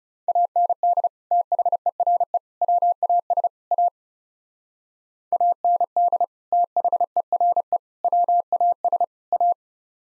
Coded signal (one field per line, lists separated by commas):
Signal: Morse code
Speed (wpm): 35 wpm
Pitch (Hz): 700 Hz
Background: none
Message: AND THERE WAS A AND THERE WAS A